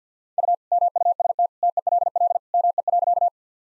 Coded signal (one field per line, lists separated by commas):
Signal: Morse code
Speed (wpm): 50 wpm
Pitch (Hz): 700 Hz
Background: none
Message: U MUST TELL ME.